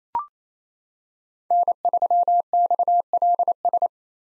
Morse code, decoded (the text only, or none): N3XLS